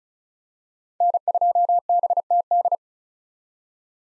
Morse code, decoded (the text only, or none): N2BTD